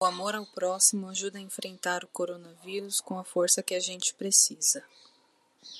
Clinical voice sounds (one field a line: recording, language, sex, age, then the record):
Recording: spoken sentence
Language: Brazilian Portuguese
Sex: female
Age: 20 to 29 years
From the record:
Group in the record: control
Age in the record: 27 years